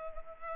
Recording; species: mosquito wingbeat signal from an infrared sensor; Culex pipiens